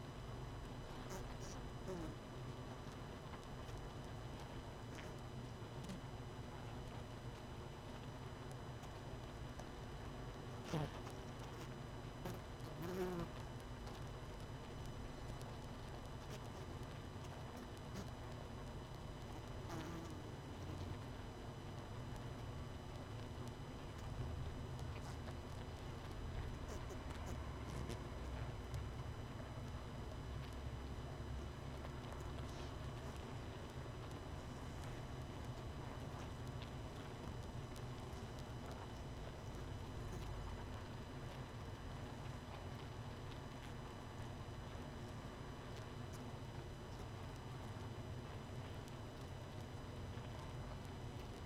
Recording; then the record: honeybee colony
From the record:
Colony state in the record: missing queen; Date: 31 May 2018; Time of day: 21:29